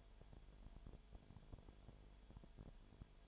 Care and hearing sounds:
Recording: daily activity, microphone in the room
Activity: no activity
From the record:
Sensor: 5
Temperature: 19.9 degrees Celsius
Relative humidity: 37.1%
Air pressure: 1007.4 hPa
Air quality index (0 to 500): 84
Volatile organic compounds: 1 ppm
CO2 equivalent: 962 ppm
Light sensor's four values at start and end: 2/3/1/1 and 2/3/1/1

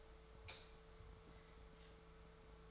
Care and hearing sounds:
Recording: daily activity, microphone in the room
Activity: light off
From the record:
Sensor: 3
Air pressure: 1014.7 hPa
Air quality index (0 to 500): 193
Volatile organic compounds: 25 ppm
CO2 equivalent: 2825 ppm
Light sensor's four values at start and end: 13/36/14/14 and 11/27/11/11

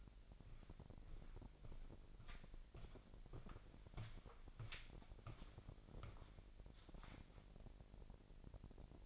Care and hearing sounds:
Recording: daily activity, microphone in the room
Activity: walk to room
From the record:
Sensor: 5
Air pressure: 1002.1 hPa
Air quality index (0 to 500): 250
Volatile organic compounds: 7 ppm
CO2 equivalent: 2007 ppm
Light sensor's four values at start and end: 35/83/34/35 and 34/81/33/35

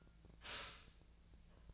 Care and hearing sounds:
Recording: daily activity, microphone in the room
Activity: stop toaster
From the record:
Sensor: 2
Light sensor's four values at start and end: 23/56/24/26 and 23/56/24/26

